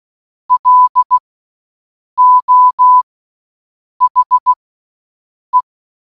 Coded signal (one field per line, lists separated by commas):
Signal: Morse code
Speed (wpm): 16 wpm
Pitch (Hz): 1000 Hz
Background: none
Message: L O H E